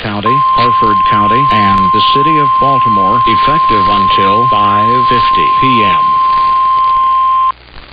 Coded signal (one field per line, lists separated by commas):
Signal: Emergency Alert System (SAME) tones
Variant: 1050 Hz attention tone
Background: speech